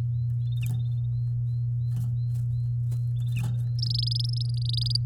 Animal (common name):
Domestic Canary